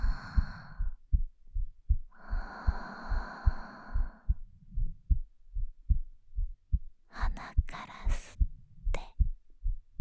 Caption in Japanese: 心臓の音。 心臓の音を聞い ていると落ち着きまちよね。